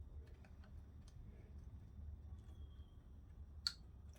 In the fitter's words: yay there we go click